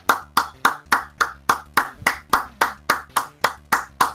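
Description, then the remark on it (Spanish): Audience applause in a steady, rhythmic beat: about fifteen sharp, evenly spaced claps in unison, fairly loud, with no talking over them. “Aplaudan y arrancamos.”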